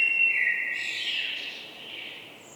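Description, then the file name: Common blackbird call, a drawn-out whistled tone that starts loud and high, then slides slightly lower and fades over two seconds. "Turdus merula"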